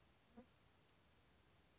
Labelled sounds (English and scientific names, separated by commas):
Anna's Hummingbird (Calypte anna)